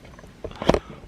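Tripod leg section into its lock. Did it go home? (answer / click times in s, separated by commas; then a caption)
yes / 0.7 s. A second leg section of a new tripod is pushed home into its lock, with a few light knocks and rattles from about 0.5 s leading to a sharp click at 0.7 s. The leg seats and locks in place, and the side is then checked and does not drop.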